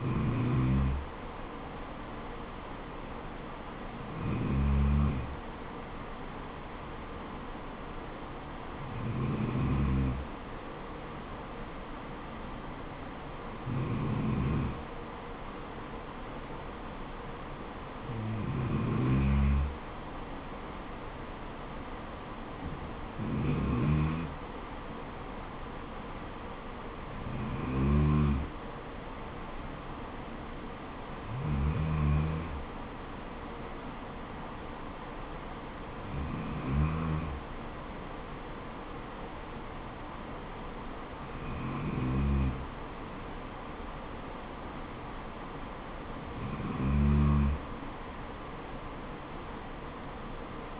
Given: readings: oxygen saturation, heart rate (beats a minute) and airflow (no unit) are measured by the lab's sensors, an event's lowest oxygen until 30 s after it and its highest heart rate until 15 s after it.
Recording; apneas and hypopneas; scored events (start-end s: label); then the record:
breathing in sleep by a voice recorder at the bedside; none
none scored
From the record:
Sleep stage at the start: N2 (light sleep); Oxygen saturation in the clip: 93 to 94%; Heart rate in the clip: 67 to 76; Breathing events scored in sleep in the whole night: 426 in 7.4 hours asleep